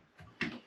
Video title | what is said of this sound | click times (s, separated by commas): How To Clean The Fluval FX4 & Review The Rainbowfish Forest Aquarium Tropicalfish | It just clicks into place, | 0.4 s